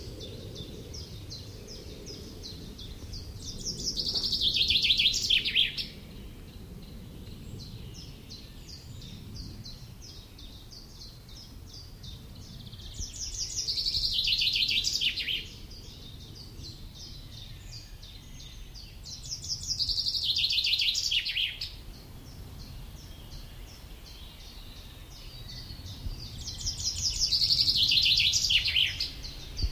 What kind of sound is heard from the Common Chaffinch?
song